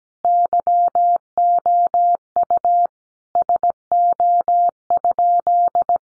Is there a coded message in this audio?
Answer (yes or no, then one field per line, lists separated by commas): yes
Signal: Morse code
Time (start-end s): 0.2-6.0 s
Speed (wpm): 17 wpm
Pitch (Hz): 700 Hz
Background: none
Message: YOU SO?